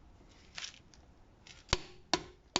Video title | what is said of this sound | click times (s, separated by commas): How to replace a serpentine and A/C stretch belt on a 2012 Ford Focus SE! | So you just go until it clicks, | 2.1 s, 2.6 s